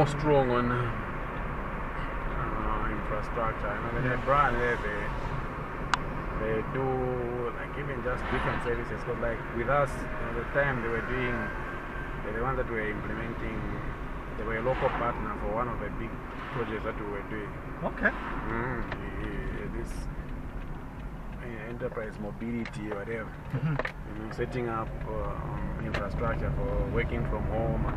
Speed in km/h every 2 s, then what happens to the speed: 50, 50, 48, 45, 42, 40, 37, 34, 32, 32, 23, 14, 12, 20.
0-23 slows to 12. 23-28 speeds up to 20.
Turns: 22-28.